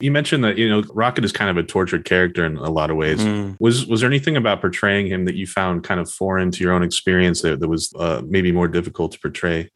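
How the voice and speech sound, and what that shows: A low-pitched adult male voice asks a long conversational question at an easy, even pace, with a small repeated word and a brief filler pause. Voicing is clear and steady, articulation ordinary.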